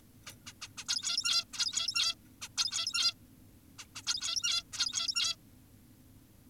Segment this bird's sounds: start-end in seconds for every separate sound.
0.27-0.33, 0.47-0.53, 0.62-0.69, 0.78-0.84, 0.89-1.44, 1.53-2.15, 2.42-2.48, 2.57-3.14, 3.79-3.85, 3.96-4.02, 4.07-4.63, 4.73-5.36